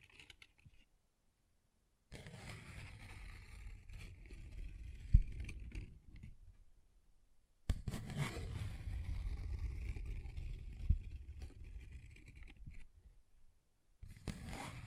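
A paper bag is scratched and rubbed in three rough stretches, from about 2 to 6 seconds, 8 to 13 seconds, and again at the very end, with silence between them. The crinkly rustling has a low, dull rumble under it, and single sharp taps land near 5 and 11 seconds.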